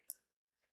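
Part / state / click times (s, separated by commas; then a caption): plastic U-shaped model piece into another model piece / seated / 0.1 s. Two U-shaped plastic pieces of a molecular model kit are folded into one another and pushed together until they snap into a tetrahedral shape. A sharp, bright click is heard at 0.1 s, followed by a faint softer tick near 0.6 s. The pieces are seated, joined with a nice little snap.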